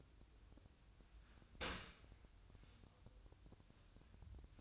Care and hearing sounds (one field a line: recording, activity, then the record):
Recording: daily activity, microphone in the room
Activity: open dishwasher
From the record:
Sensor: 2